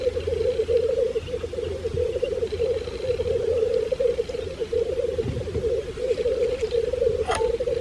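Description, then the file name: Black grouse giving a continuous low, dove-like bubbling that rolls on without pause throughout, with a brief sharp sound near the end. 6 May 2016. "Orre 6 mai 2016"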